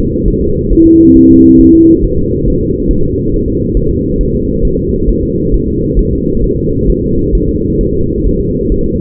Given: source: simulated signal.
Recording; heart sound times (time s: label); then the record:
fetal heart sounds
0.28 s: S1
0.42 s: S2
0.72 s: S1
0.87 s: S2
1.17 s: S1
1.31 s: S2
1.61 s: S1
1.75 s: S2
2.04 s: S1
2.19 s: S2
2.48 s: S1
2.62 s: S2
2.91 s: S1
3.05 s: S2
3.34 s: S1
3.48 s: S2
3.77 s: S1
3.91 s: S2
4.21 s: S1
4.35 s: S2
4.65 s: S1
4.79 s: S2
5.09 s: S1
5.23 s: S2
5.54 s: S1
5.68 s: S2
5.99 s: S1
6.13 s: S2
6.44 s: S1
6.58 s: S2
6.90 s: S1
7.04 s: S2
7.35 s: S1
7.49 s: S2
7.81 s: S1
7.95 s: S2
8.27 s: S1
8.41 s: S2
8.72 s: S1
8.86 s: S2
From the record:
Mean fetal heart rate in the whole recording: 135 bpm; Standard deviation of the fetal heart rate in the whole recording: 3 bpm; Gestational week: 36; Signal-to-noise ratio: -15.3 dB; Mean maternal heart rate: 72 bpm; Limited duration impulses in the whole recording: present